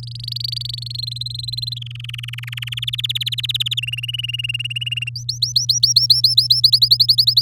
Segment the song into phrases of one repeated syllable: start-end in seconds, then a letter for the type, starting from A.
0.00-0.92 A, 0.94-1.79 B, 1.81-2.75 C, 2.77-3.80 D, 3.82-5.09 E, 5.15-6.61 F, 6.63-7.42 G